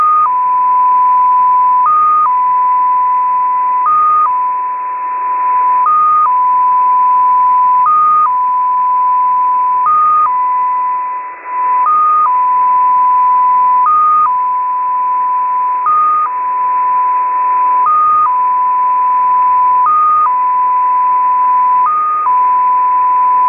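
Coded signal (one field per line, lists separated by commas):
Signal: multi-tone FSK (Olivia or MFSK type)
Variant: XPA2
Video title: XPA2 Data Mode 07/10/2023 1500 UTC 13906kHz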